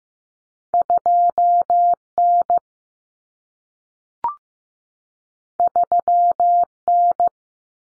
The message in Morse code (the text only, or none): 2N 3N